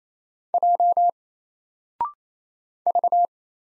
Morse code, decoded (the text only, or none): J V